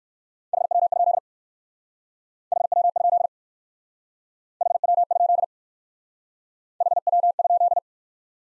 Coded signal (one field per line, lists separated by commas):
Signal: Morse code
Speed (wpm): 56 wpm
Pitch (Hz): 700 Hz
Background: none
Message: HW? HW? HW? HW?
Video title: Top 20 QSO Elements - Speed-Racing - 45wpm